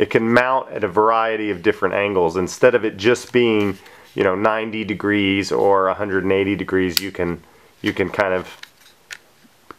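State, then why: Seated. Someone talks while rotating the pivoting belt-clip mount on the back of a SOG HDN-F01 hard nylon tomahawk sheath to a new angle. Short, sharp plastic clicks are heard at 9.1 s and 9.7 s as the mount locks into position.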